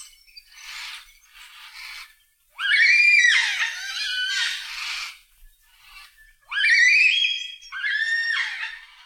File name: Yellow-tailed Black Cockatoos